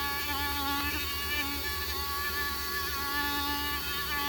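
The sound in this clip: Mosquito whine, a continuous thin buzzing of several overlapping wavering tones, steady throughout, with a low hum underneath.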